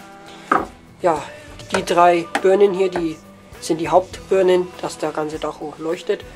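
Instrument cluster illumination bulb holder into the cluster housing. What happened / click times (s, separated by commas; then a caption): The bulb holder snapped into place / 0.5 s. A new bulb in its holder is pushed or turned with a screwdriver into the back of a BMW E36 instrument cluster, giving a single sharp snap at 0.5 s as the illumination bulb holder latches into the cluster housing. Someone then talks for the rest of the clip. The holder is seated.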